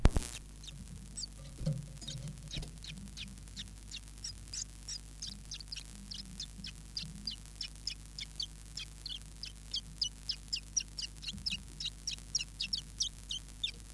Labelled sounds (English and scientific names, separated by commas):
Common Chiffchaff (Phylloscopus collybita)